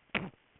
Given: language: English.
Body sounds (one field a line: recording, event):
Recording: throat vibration sensor signal played as sound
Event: cough